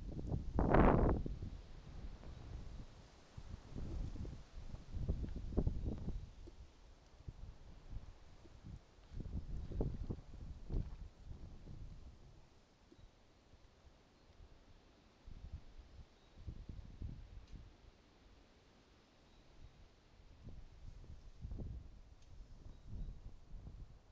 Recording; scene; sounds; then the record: everyday scene through a hearing-aid microphone; wind on the microphone; wind, traffic, birds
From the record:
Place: suburban garden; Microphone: in the ear canal, right